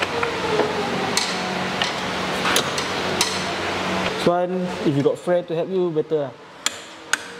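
A torque wrench set to 49 newton meters tightens a bolt on a Yamaha Aerox/NVX CVT scooter during its CVT servicing, with steady noise and scattered sharp ticks at first, then someone talks. Two sharp clicks at 6.7 s and 7.1 s show the wrench has reached 49 Nm and the bolt is torqued.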